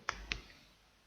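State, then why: Seated. A plastic screen bezel around the HP logo area of an HP G6 1260er laptop lid, being refitted during a hinge replacement, is pressed with thumb and fingers until it seats, with one section known to resist seating. Two sharp plastic snaps sound at 0.1 s and 0.3 s, and the bezel seats in place.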